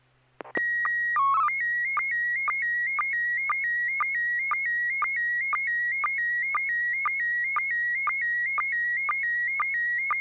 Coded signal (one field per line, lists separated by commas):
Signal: SSTV (slow-scan television)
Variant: PD 120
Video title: N6NA SSTV Net - 02/05/2025